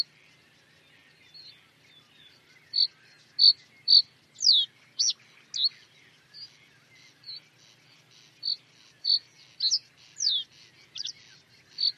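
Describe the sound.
Bird calling in an uneven series of short, bright high notes broken by a few steep sweeping whistles.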